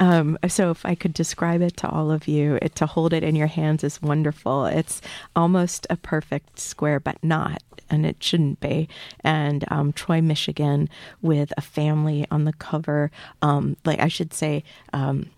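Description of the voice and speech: An adult radio host speaks in a relaxed, unscripted way on a public affairs program, with frequent filler sounds and pauses. The voice is clear, moderately pitched and evenly voiced, in typical speech.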